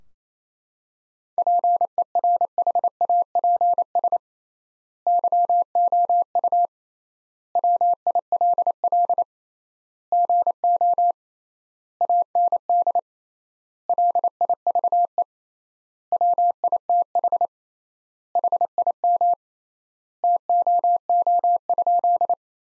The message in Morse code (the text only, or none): PERHAPS YOU WILL GO AND LIVE WITH HIM TOO?